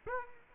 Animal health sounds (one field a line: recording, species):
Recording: mosquito wingbeat signal from an infrared sensor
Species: Aedes aegypti